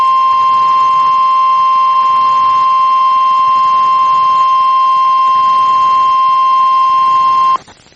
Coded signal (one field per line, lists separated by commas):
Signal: Emergency Alert System (SAME) tones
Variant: 1050 Hz attention tone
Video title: NOAA Weather Radio · WXJ96 Monroe, Louisiana · EAS #2 · Tornado Warning · 12/28/24